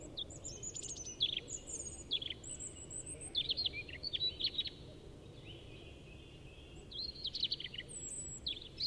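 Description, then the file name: European robin singing against a low, steady hiss: short phrases of high, sharp notes and thin whistles, separated by brief pauses, returning several times. "Erithacus rubecula"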